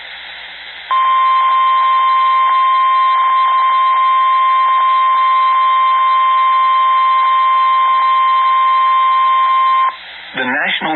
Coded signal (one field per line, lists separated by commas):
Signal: Emergency Alert System (SAME) tones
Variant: 1050 Hz attention tone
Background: speech